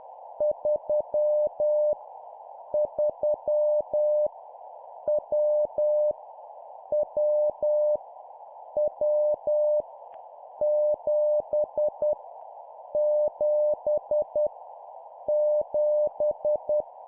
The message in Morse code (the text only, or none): 3 3 W W W 7 7 7